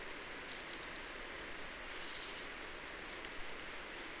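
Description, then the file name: Marsh Tit calls: three short, very high sharp notes spaced about a second or two apart over a faint steady hiss. "Poecile palustris"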